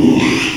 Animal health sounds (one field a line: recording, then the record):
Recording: squeal of a Yucatan mini pig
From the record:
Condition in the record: after surgery on the right vocal fold (resection and tissue-engineered implant)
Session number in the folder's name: 1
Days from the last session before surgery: 6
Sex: male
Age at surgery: 12 weeks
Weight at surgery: 13 kg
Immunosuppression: cyclosporine, prednisolone